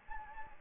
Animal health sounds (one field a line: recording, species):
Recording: mosquito wingbeat signal from an infrared sensor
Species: Anopheles gambiae